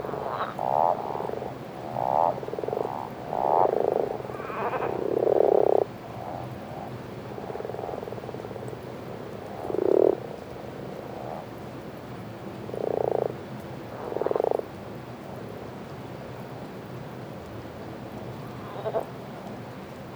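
Common toads and common frogs call in a chorus, short mid-pitched croaks and purring bursts coming densely over the first six seconds, then in scattered clusters around ten, thirteen and fourteen seconds. A low steady murmur of water and background runs underneath throughout.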